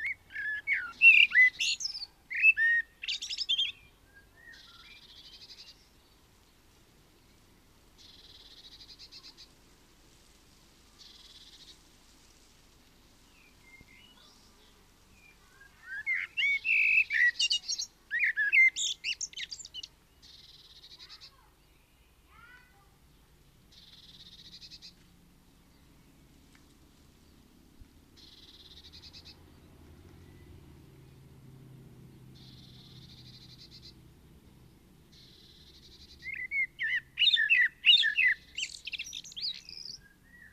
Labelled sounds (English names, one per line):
Common Blackbird song